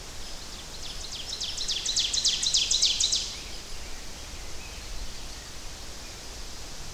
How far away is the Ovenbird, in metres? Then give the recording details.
about 30 m. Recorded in boreal forest in Alberta, Canada, on 10 June 2016 at 08:55. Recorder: SongMeter 3, array SBT-3-39. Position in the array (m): 271 m, 158 m. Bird 19